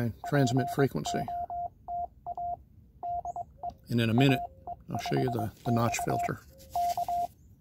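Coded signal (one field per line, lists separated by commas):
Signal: Morse code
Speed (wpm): 22 wpm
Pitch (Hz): 700 Hz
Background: speech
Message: POTA DE AE5X K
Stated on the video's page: Penntek TR-45L CW memory function and notch filter.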